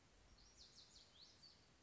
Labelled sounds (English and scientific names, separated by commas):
Lazuli Bunting (Passerina amoena)